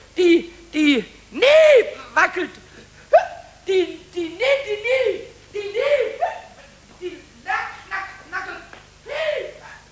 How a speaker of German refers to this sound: Aber der Schluckauf blieb.